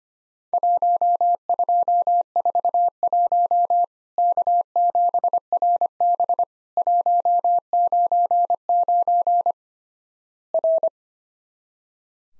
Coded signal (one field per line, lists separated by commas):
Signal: Morse code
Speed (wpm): 25 wpm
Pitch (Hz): 700 Hz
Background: none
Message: 1241 K7RB 199 R